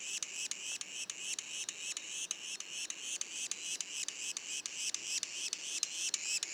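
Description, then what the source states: Yellow-bellied sapsucker juveniles give repeated high, raspy squeals, about three to four each second, forming an insistent, rhythmic chatter. Juveniles, recorded in Mont-Orford National Park, Quebec; mono recording.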